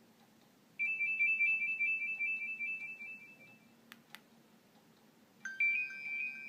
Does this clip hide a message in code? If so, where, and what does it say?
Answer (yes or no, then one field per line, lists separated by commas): no